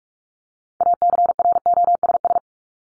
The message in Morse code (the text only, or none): ACROSS